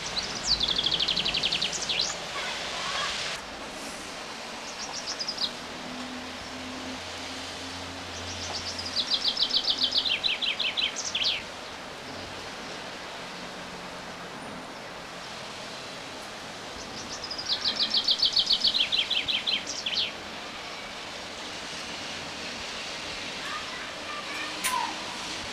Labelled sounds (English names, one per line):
Common Chaffinch song